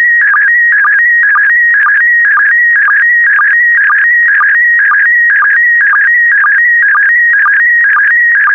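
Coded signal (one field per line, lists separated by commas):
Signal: SSTV (slow-scan television)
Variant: PD120 mode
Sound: steady warbling whistle around 2 kHz with rhythmic low chirps about twice a second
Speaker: the next image transmission will start in 10 seconds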